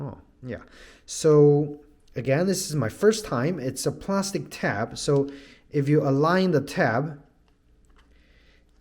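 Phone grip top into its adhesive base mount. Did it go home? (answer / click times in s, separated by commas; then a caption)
no / none. Someone talks while lining up the plastic tab of a phone grip's top with its adhesive base on the back of a phone, the step before it is pushed in and twisted to lock. After the talking stops, a few faint plastic-on-plastic ticks come at about 7.5 to 8.0 seconds. Nothing has seated or clicked into place yet.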